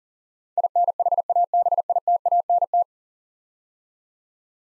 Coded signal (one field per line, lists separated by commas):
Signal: Morse code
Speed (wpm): 40 wpm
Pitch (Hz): 700 Hz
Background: none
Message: INHABITANT